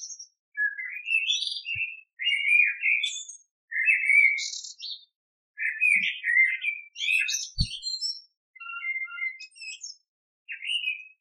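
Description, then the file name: Eurasian blackbird song of warbled, whistled phrases, some closing with thin high squeaky notes, repeated after short pauses; a few low taps. "Amsel"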